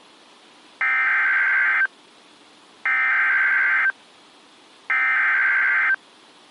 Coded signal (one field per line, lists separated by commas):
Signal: Emergency Alert System (SAME) tones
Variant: header bursts